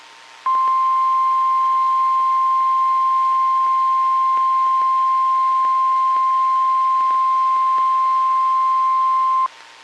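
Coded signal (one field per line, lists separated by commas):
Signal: Emergency Alert System (SAME) tones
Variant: 1050 Hz attention tone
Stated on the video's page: Ohio severe weather EAS alerts, including a tornado warning, from NOAA Weather Radio transmitter in Grafton, Ohio.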